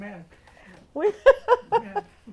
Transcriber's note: laughs